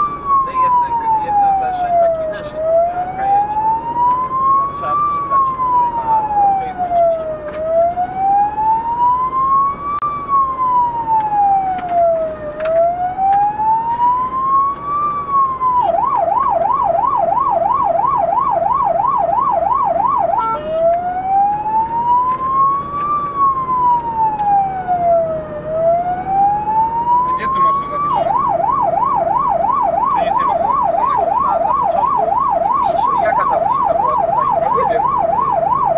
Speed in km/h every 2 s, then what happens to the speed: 79, 80, 79, 82, 80, 82, 81, 81, 83, 83, 81, 81, 84, 85, 86, 85, 85, 86.
0-36 steady at about 82.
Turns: none.